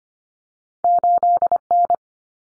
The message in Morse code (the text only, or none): 8N